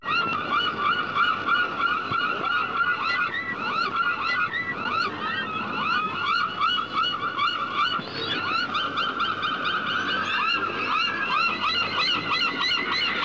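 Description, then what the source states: Gulls calling continuously, a dense chorus of overlapping harsh, downslurred yelping cries. Seagulls chirping.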